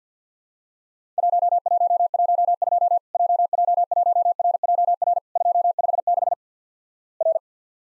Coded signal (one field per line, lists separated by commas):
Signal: Morse code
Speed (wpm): 51 wpm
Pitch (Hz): 700 Hz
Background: none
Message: 1112 JJ1RJR 256 R